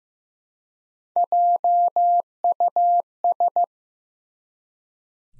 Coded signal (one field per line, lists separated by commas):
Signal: Morse code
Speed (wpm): 15 wpm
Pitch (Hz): 700 Hz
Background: none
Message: JUS